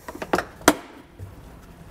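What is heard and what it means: A plastic rear threshold trim panel in the cargo area of a 2023 Subaru Outback Wagon is pried up with a trim tool or flathead screwdriver during a trailer wiring harness installation. A few light taps and scrapes come first, then a sharp pop at 0.7 s as a snap-in clip releases. The panel comes out easily.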